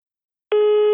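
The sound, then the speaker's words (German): A single steady electronic beep from a telephone answering machine, a clear mid-pitched tone lasting about half a second, signalling the start of the first message, with silence before it and no voices. “Jetzt hörst du die erste Nachricht am Telefon.”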